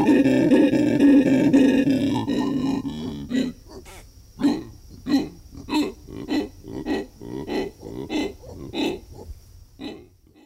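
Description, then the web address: Black howler monkey howling: a deep, sustained roar for about three seconds, then breaking into a series of rhythmic, throaty grunting pulses roughly twice a second. South American rainforest. "Natures Songs S America Primates of the Rainforest Black howler monkey"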